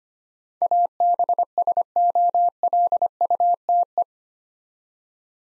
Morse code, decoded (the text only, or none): ABSOLUTE